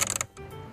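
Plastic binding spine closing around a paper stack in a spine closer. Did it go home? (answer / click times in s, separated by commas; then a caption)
yes / 0.1 s, 0.2 s. The handles of a GBC P75 ProClick Spine Closer and Finisher (7708146) are turned forward under pressure, closing a plastic binding spine around a paper stack placed between the guides flat on the table. Three sharp clicks sound at 0.1, 0.16 and 0.21 seconds, followed by a quieter low background. The plastic binding spine clicks closed and is seated.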